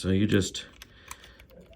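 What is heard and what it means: Someone talks while handling a cartridge belt at the feed tray of a rare Colt-type Ciener belt-fed AR-15 conversion, about to shove it into the feed mechanism. After the talking, a few short, faint ticks come at about 0.8, 1.1 and 1.4 seconds over quiet handling noise. Nothing has seated or clicked into place yet.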